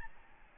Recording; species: mosquito wingbeat signal from an infrared sensor; Aedes albopictus